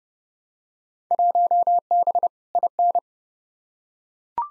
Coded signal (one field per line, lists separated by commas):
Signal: Morse code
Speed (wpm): 32 wpm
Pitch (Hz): 700 Hz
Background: none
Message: 1B IN